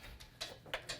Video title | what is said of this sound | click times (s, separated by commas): Popup projector guide - HMC tutorials | Now the legs are locked. | 0.7 s